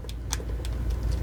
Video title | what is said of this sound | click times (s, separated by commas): Transformers Takara Tomy Premium Finish Megatron | that is all snapped into place | 0.3 s